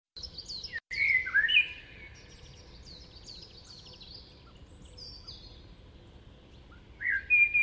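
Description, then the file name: Common blackbird giving a brief fluted phrase, then faint high squeaky twitters, and another mellow phrase near the end. "Turdus merula"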